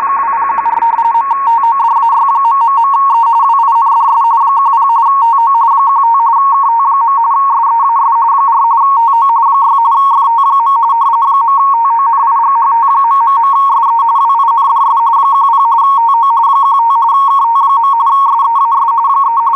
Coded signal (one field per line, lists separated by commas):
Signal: RTTY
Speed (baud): 45.45 baud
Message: 201 .TODAY...E WINDS 10 TO 15 KT. SEAS 4 TO 6 FT. .TONIGHT...SE WINDS 10 TO 15 KT. SEAS 3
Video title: WLO 8472 KHZ USB RTTY Weather Broadcast using MultiPSK and Winradio Excalibur Pro